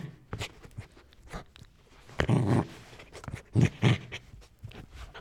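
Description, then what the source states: Dog growling, low grumbling rumbles in short bursts, with two stronger growls in the middle part. Growling, snarling and grumbling.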